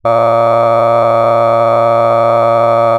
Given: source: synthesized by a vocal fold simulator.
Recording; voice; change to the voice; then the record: sustained vowel; male; cycle-to-cycle stiffness perturbation (roughness), level 7 of 10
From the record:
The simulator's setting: 4.17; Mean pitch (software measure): 115 Hz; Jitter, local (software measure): 2.24%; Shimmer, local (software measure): 8.5%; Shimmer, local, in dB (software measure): 0.69 dB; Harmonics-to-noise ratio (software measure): 12.4 dB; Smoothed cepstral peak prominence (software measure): 18.1 dB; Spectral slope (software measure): -17.0 dB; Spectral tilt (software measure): -12.0 dB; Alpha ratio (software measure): -7.4 dB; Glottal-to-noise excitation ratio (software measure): 0.993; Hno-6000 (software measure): 2.4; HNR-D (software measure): 21.0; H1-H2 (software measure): 5.0 dB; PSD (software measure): 1.5e-04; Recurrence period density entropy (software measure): 0.105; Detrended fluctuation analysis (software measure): 0.0551